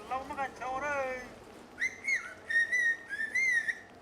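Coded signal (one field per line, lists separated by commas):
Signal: whistled language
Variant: Sochiapam Chinantec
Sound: brief spoken voice, then a gliding whistle rising and falling around 2 kHz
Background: spoken voice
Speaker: well that could be anything in the world be be just anything in the world in chin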